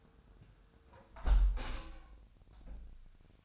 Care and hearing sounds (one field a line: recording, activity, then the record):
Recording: daily activity, microphone in the room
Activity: close window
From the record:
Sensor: 2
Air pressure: 999.7 hPa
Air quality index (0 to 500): 218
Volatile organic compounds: 47 ppm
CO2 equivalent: 3250 ppm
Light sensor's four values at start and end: 8/20/8/8 and 8/19/8/8